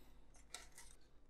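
A second LED bulb, oiled around its base, is pushed into the plastic tail light housing on the other side of a model Ghostbusters Ecto-1 car. A sharp click is heard at 0.6 s, followed by fainter scraping ticks. The LED is only part way into the housing, not all the way in.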